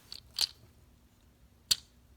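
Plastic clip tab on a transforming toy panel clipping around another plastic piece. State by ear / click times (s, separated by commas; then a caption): seated / 1.7 s. During transformation of a Robots in Disguise (2015) Warrior Class Thermidor plastic action figure, a folded panel's plastic clip tab is pushed around another plastic piece. Soft handling ticks come at 0.1 s and 0.4 s, then a sharp, bright snap at 1.7 s as the clip seats in place.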